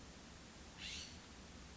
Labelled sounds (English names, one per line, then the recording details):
California Scrub-Jay
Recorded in Sonoma County, California